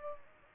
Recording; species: mosquito wingbeat signal from an infrared sensor; Culex pipiens